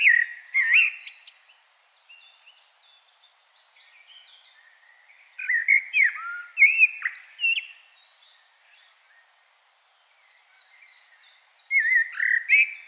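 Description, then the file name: Common blackbird song in three bursts of rich, looping flute-like whistles with scratchy high flourishes, separated by quiet pauses. "Turdus merula"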